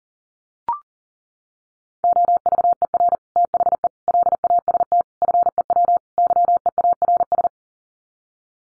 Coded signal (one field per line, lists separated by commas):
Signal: Morse code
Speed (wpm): 40 wpm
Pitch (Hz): 700 Hz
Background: none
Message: OVER THE LAST FEW YEARS